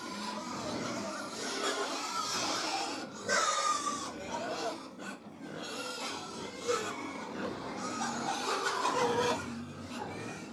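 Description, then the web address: Pig herd feeding, a continuous mass of rough grunting broken by a few thin, shrill squeals. About 100 pigs feeding; livestock. "BBC Sound Effects Library BBC Livestock 1 Approx 100 Pigs Feeding"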